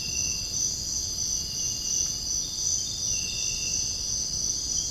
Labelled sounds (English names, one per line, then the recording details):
none
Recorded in dense forest near Puerto Asís, Putumayo, Colombia, on 23 June 2025 at 05:30
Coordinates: 0.481, -76.323
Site G072